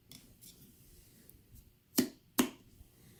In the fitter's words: You see, you can hear it clicking in.